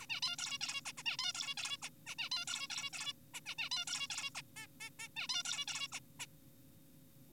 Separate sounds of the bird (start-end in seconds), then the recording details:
0.00-0.06, 0.10-0.20, 0.23-0.36, 0.39-0.58, 0.61-0.81, 0.86-0.93, 0.98-1.03, 1.06-1.17, 1.19-1.32, 1.34-1.54, 1.57-1.77, 1.82-1.89, 2.06-2.15, 2.19-2.29, 2.32-2.45, 2.47-2.67, 2.70-2.90, 2.93-3.13, 3.34-3.40, 3.46-3.55, 3.58-3.69, 3.71-3.85, 3.87-4.07, 4.10-4.30, 4.35-4.42, 4.57-4.67, 4.81-4.90, 4.99-5.08, 5.17-5.27, 5.29-5.43, 5.45-5.65, 5.68-5.88, 5.93-6.00, 6.20-6.26. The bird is an adult. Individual g4p5U